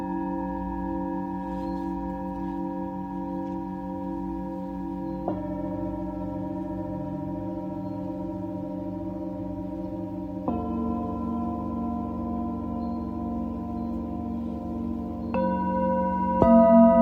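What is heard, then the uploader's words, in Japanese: A singing bowl hums with a steady, ringing tone, struck anew around 5, 10.5, 15 and 16.5 seconds, each strike adding brighter overtones. お目覚め シンギングボウルサウンドヒーリング。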